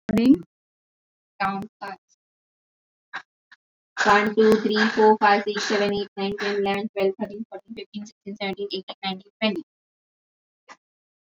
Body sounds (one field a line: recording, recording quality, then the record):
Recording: shallow breathing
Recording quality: poor, much background noise or distortion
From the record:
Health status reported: healthy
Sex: female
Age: 31 years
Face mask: worn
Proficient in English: yes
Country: India